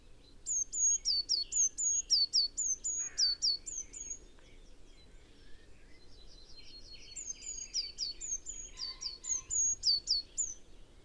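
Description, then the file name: Eurasian blue tit producing two bursts of high, sharply falling notes, about four per second, separated by a short pause filled with other scattered chirps. "Cyanistes caeruleus"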